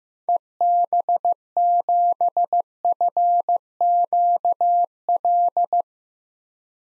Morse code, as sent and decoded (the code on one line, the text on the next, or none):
. -... --... ..-. --.- .-..
EB7FQL